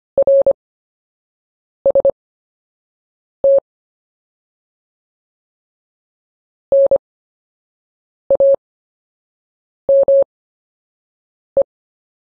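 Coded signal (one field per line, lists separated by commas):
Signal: Morse code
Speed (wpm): 25 wpm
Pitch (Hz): 550 Hz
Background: none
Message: RST NAME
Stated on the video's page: Slow-speed Morse drill of common CW anchor words for recovering in a QSO.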